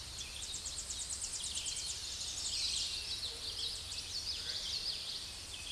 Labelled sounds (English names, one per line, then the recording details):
Common Yellowthroat song
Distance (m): 25 m
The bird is about 5 m above the microphone
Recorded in a Pennsylvania forest on 16 May 2024 at 08:23
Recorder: AudioMoth, point MSD-2155
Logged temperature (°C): 15.6 °C
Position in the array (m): 78 m, 99 m